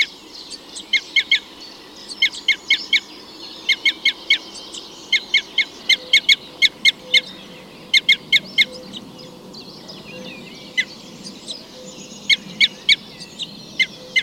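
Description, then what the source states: Red crossbill excitement calls: sharp, high downslurred chips given in tight bursts, repeated steadily throughout. Type N call type; excitement calls.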